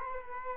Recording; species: mosquito wingbeat signal from an infrared sensor; Culex quinquefasciatus